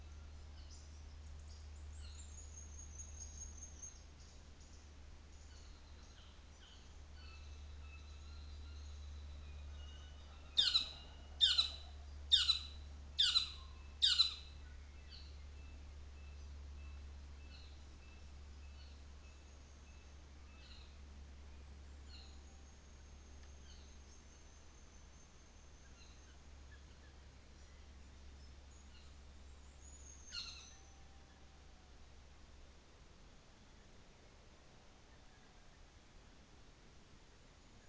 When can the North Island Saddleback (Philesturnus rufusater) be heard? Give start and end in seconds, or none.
0.23-0.89, 1.78-2.39, 5.46-6.29, 7.17-21.06, 21.96-22.78, 23.60-24.18, 25.71-26.56, 28.57-29.22, 30.25-30.90